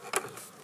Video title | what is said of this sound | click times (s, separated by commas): World Record 2-Stage Water Rocket Flight | looks like it's locked too I sounded a bit surprised there because it usually doesn't snap in that easily | 0.2 s